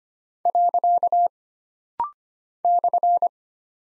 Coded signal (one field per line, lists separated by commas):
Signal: Morse code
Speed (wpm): 25 wpm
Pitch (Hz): 700 Hz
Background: none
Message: . /